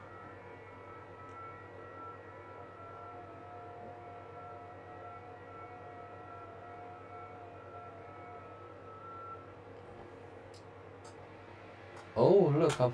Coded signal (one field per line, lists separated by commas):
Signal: FT8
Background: speech